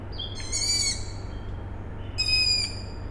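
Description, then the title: Owl chicks giving two drawn-out, scratchy harmonic squeals over a steady low hum. Owl chicks calling at night, Tuesday 21 May 2019, Siemianowice Śląskie, Poland; industrial plant audible in background; recorded with Zoom H5 and Audio-Technica BP4025. "Siemianowice Śląskie, Polska - Owl chicks"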